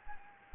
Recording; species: mosquito wingbeat signal from an infrared sensor; Anopheles gambiae